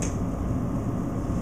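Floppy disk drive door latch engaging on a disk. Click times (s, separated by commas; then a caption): 0.0 s. A 5.25-inch floppy disk is pushed into a floppy disk drive, and the drive's door/clamp latch clicks shut at 0.0 s, engaging the drive even though the disk has not gone fully in. A short, sharp click stands out against a steady low hum with a faint high whine near 4 kHz that continues to the end. The latch is seated and the drive is engaged.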